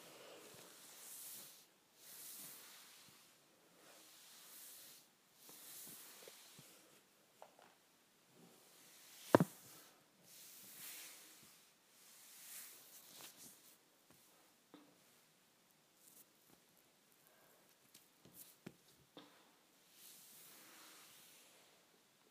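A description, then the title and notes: A wipe swishes across a counter in soft, repeated strokes every second or two, with a sharp knock near nine seconds and small taps later. ASMR Cleaning the Counter with a Wipe.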